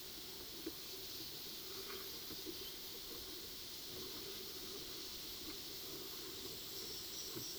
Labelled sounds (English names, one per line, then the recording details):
none
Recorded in pastures near Puerto Asís, Putumayo, Colombia, on 20 February 2024 at 15:30
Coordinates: 0.497, -76.327
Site G7276